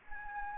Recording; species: mosquito wingbeat signal from an infrared sensor; Anopheles gambiae